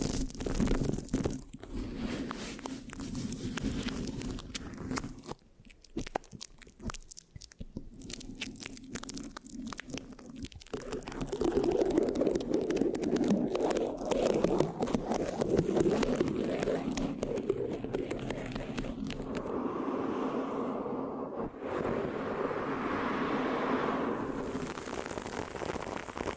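Mic scratching fills the clip with dense, crackly rubbing and sticky, crunchy textures. The first ten seconds are choppy, with short gaps and sharp clicks. After about ten seconds it turns steadier and fuller, with a lower, muffled rumble running underneath.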